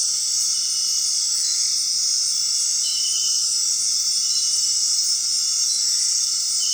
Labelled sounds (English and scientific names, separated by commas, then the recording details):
none
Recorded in dense forest near Puerto Asís, Putumayo, Colombia, on 18 February 2024 at 19:00
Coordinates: 0.466, -76.327
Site G6413